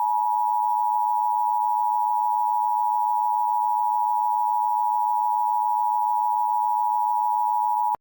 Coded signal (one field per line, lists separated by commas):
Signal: Emergency Alert System (SAME) tones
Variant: 853 and 960 Hz attention tone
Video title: EAS Reenactment Mock: ERN/CAP Monthly Test